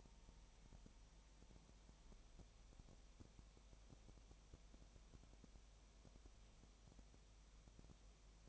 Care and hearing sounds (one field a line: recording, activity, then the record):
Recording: daily activity, microphone in the room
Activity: no activity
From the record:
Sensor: 1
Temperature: 19.7 degrees Celsius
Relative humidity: 37.0%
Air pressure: 1007.2 hPa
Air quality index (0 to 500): 144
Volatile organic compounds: 5 ppm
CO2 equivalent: 1761 ppm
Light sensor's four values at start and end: 1/2/1/1 and 1/2/1/1